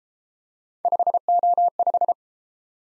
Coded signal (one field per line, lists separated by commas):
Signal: Morse code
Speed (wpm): 31 wpm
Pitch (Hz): 700 Hz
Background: none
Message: 5O5